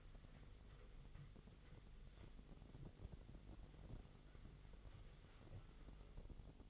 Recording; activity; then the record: daily activity, microphone in the room; wipe stove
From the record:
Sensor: 4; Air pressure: 1004.1 hPa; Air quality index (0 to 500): 158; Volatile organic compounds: 2 ppm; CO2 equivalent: 1126 ppm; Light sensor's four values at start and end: 13/32/13/14 and 14/32/13/14